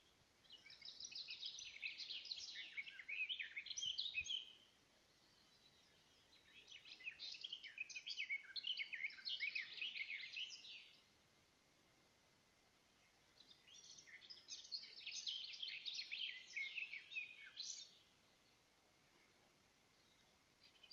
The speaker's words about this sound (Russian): остановился, и мы слушаем пение. Я думаю, это скворец. А может и соловей такой.